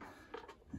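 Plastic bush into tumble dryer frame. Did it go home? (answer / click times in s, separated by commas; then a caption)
yes / 0.3 s. A plastic bush that part of the tumble dryer drive rides on is pushed into its mounting in the dryer frame. A short, sharp click at 0.3 s shows it seating in place, with a second brief knock near the end of the clip.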